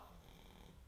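A low, steady rumbling snore from Dalí, a dog resting in the background, runs through this brief fragment, with its sound concentrated in the deep range. The dog snores throughout the programme. It is too short to show a full breath cycle. This is ordinary sleep snoring in a dog.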